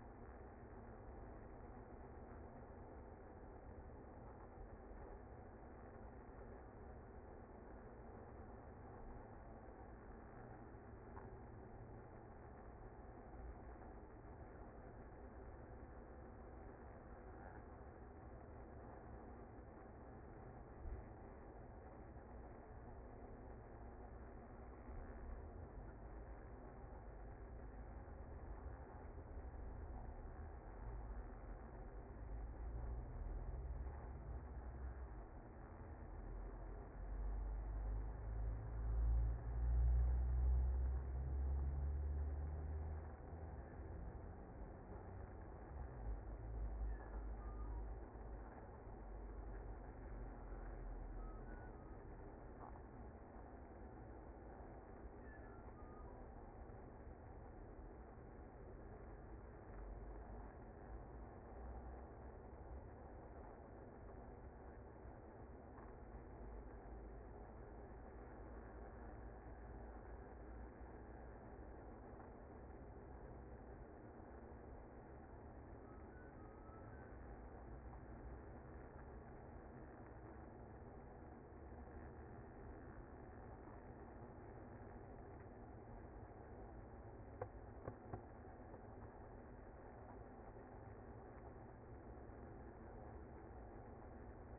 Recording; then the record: honeybee colony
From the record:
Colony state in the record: active